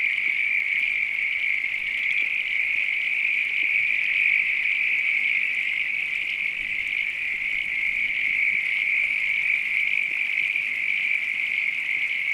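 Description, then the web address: Many frogs trilling at once, a level shrill chorus sustained the whole time with no distinct individual calls. Night countryside ambience. "Sound Effects-Foundation AMBIENCE NIGHT COUNTRY FROGS RAIN FARM ANIMALS LOOP"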